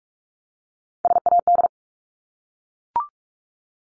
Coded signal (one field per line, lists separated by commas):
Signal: Morse code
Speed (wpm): 44 wpm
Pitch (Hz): 700 Hz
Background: none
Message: SAD